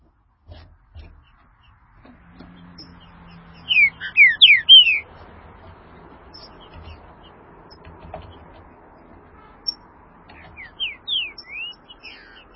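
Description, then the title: Green-winged saltator song: a short phrase of loud, clear whistled notes sliding between high pitches around four seconds, repeated more softly near the end over faint background hum. "Trinca Ferro"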